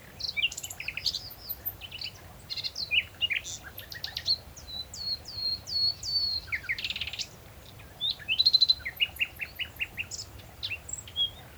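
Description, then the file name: Common nightingale singing varied phrases: a run of repeated slurred whistles, sharp chirps and fast rattling notes, separated by brief pauses. "Luscinia megarhynchos"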